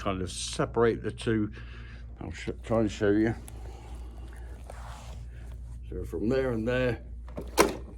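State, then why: Seated. Someone talks while pressing the seat back and the tiller apart to fully unfold the frame of a Pride Go Go folding mobility scooter. At 7.6 seconds the frame lock handle jumps up and clicks into place with a sharp, loud click. The frame is now locked open so the scooter won't fold back up when someone sits on the seat.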